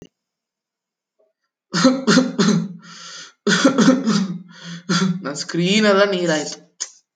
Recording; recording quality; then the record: heavy voluntary cough; excellent, no background noise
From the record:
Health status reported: COVID-19 positive, moderate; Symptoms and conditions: cold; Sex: female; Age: 50 years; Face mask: not worn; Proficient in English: yes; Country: France